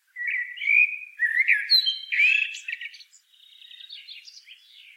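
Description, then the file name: Common blackbird delivering a flowing whistled phrase that breaks into a thin, scratchy high twitter during the last two seconds. "Turdus merula"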